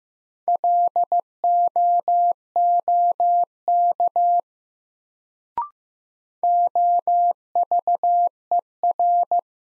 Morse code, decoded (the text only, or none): LOOK OVER